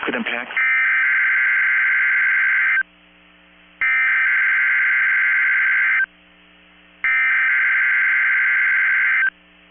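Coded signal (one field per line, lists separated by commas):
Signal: Emergency Alert System (SAME) tones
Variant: header bursts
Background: speech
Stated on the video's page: Failed required weekly test from a NOAA weather radio station after the station went off the air for a minute.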